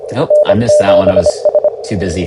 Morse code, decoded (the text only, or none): N7S